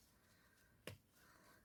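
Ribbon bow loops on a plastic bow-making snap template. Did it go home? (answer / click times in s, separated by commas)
released / 0.9 s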